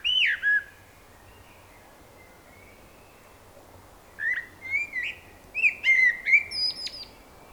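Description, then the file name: Common blackbird singing: a short fluting whistle opens, then after a pause a run of mellow warbled notes ends in thin high twitters. "Turdus merula"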